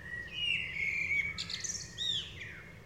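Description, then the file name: Common blackbird singing fluty, warbled phrases, a drawn-out whistled line followed by higher twittering notes and a descending slur, over a low steady background hum. "Turdus merula"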